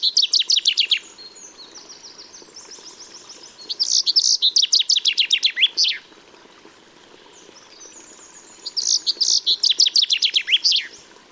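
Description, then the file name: Common chaffinch song: bright, rapid descending trills ending in a flourish, phrases roughly every five seconds, with thin high notes from another bird between them. "Fringilla coelebs"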